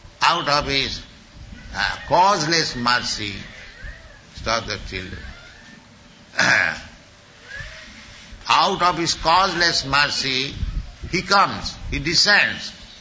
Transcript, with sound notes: out of His causeless mercy... (children crying) Stop that children. Out of His causeless mercy He comes, He descends.